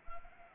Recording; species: mosquito wingbeat signal from an infrared sensor; Anopheles arabiensis